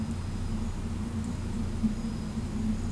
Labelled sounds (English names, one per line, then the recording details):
none
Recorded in pastures near Puerto Asís, Putumayo, Colombia, on 20 December 2024 at 12:00
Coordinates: 0.505, -76.324
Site G063